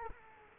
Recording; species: mosquito wingbeat signal from an infrared sensor; Culex quinquefasciatus